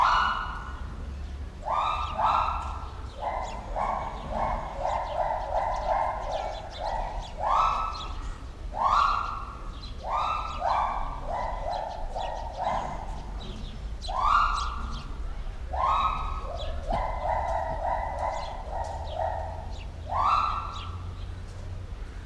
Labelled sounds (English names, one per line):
Pileated Gibbon